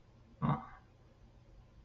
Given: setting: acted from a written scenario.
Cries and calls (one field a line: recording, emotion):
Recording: vocal sound without words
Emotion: shame